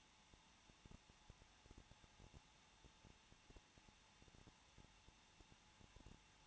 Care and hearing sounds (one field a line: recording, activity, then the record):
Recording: daily activity, microphone in the room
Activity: no activity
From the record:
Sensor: 1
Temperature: 20.0 degrees Celsius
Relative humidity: 39.4%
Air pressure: 1006.4 hPa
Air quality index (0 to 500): 219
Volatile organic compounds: 83 ppm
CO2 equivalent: 3629 ppm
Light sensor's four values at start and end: 1/2/1/1 and 1/2/1/1